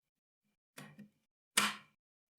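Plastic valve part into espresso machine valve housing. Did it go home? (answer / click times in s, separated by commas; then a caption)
yes / 1.6 s. A small plastic valve part is pressed into its valve housing on a Philips EP5441 espresso machine during a leak repair. A softer knock at about 0.8 s comes first, then a sharp, loud click at 1.6 s as the part snaps into place and seats.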